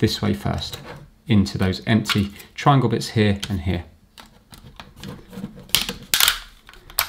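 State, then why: Seated. Someone talks while fitting the plastic front face plate of a PS5 controller, hooking its top ears into the empty triangle slots first and then hinging it down onto the controller shell. Sharp plastic snaps sound at 5.8, 6.1 and 7.0 seconds as the face plate clicks into place and is seated.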